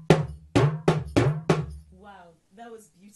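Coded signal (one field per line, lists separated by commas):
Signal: talking drum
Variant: Yoruba dùndún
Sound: five quick resonant drum strokes with pitch bending, followed by a voice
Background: voice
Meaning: A Swahili greeting meaning hello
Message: Jambo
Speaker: so can you speak a Kenyan language with you're talking drum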